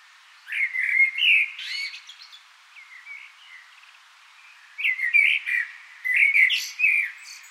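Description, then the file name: Common blackbird song with rich whistled phrases and a sharp squeaky flourish at the end of each, two bursts separated by a soft lull. "Turdus merula"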